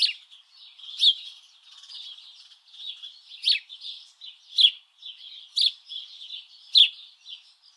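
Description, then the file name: House sparrow chirps, several sharp and bright ones at uneven intervals over a steady background of softer twittering. "Passer domesticus"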